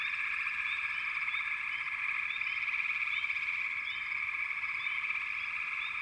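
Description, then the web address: Chorus of frogs, a constant shrill trill with many quick upswept chirps. "Natures Songs Sleep Sounds of Nature FROGS Frog Chourus"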